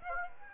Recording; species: mosquito wingbeat signal from an infrared sensor; Aedes aegypti